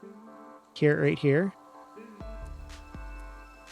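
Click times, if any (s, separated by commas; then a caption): none. The snap connector of a new external antenna coax cable is being pressed onto the wireless module socket inside an opened PS4 console, over background music while someone talks. Nothing has seated or clicked yet by the end of the clip.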